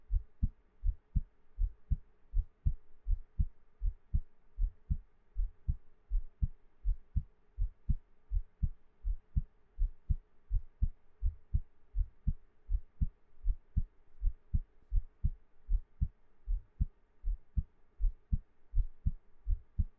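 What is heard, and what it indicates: An adult's heartbeat heard up close: steady, low lub-dub thumps repeat at about 80 beats a minute. Each beat is a firm first sound followed by a softer second. The rhythm stays even throughout, with a faint low hum underneath and no speech.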